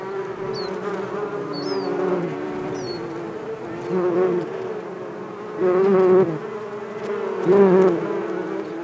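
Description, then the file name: Bees buzzing in a dense drone, with louder individual bees passing near four, six and seven and a half seconds; a few brief high bird chirps early on. "benboncan bees"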